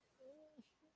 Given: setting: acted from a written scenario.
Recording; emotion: vocal sound without words; distress